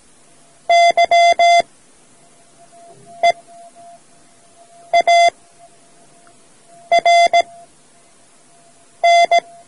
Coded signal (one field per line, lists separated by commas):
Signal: Morse code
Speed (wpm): 18 wpm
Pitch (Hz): 690 Hz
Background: none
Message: YEARN